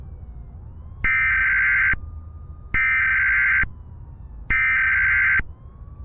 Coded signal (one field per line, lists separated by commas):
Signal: Emergency Alert System (SAME) tones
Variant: header bursts